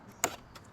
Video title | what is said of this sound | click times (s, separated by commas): Simple Ford Ranger Sequential LED Indicator Upgrade in 5 minutes | πρέπει απλώς να κάνει κλικ, κάτι που συμβαίνει. | 0.2 s